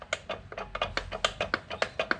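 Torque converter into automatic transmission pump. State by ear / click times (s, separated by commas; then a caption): seated / 0.1 s, 1.0 s, 1.2 s, 1.5 s, 1.8 s, 2.1 s. A torque converter is wiggled back and forth on a 727 TorqueFlite automatic transmission for a four-wheel-drive 1989 Grand Wagoneer to engage the pump drive, the last of three engagement stages. Sharp metallic clicks ring out at 0.1, 1.0, 1.3, 1.5, 1.8 and 2.1 seconds over fainter rattling as it moves. The clicks show the converter has engaged the transmission pump and is seated.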